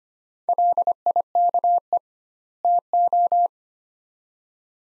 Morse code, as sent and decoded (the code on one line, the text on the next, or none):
.-.. .. -.- . / - ---
LIKE TO